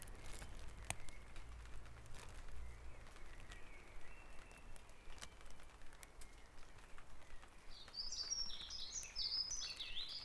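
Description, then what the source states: Bird song: after several quiet seconds of low rumble and faint whistles, a rapid high, jumbled twittering phrase starts near the end and runs on. Dawn chorus recorded at Back Dragon Avenue, Harrogate, as part of a sound map of Harrogate.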